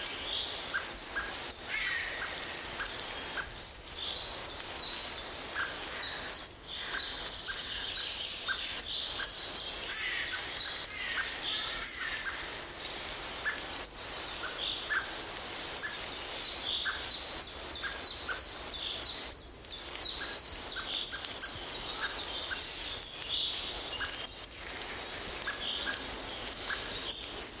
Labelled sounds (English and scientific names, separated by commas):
Common Blackbird (Turdus merula) call